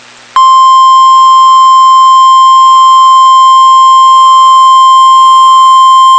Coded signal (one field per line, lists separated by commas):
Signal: Emergency Alert System (SAME) tones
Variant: 1050 Hz attention tone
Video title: Tornado Warning (EAS #352)